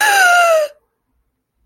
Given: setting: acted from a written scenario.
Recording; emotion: vocal sound without words; fear